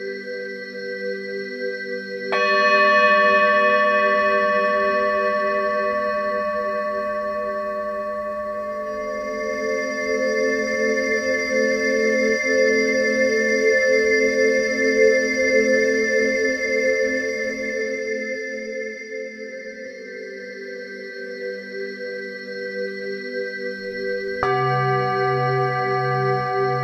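A singing bowl is struck at about two seconds and rings on in long, layered tones that slowly swell and waver through the middle. Near the end a second strike brings a fresh bright ring over a low, humming drone.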